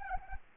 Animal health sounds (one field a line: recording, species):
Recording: mosquito wingbeat signal from an infrared sensor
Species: Anopheles gambiae